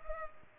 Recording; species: mosquito wingbeat signal from an infrared sensor; Culex pipiens